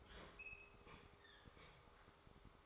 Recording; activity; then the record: daily activity, microphone in the room; open fridge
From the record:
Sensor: 3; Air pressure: 1004.5 hPa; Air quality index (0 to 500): 192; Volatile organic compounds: 13 ppm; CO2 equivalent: 2404 ppm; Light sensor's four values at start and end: 5/13/5/5 and 5/13/5/5